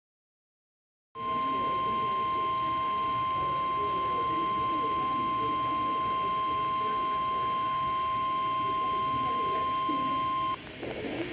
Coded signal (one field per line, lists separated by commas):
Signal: Emergency Alert System (SAME) tones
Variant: 1050 Hz attention tone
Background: speech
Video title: [EAS #108-113] Goodbye AVIPADS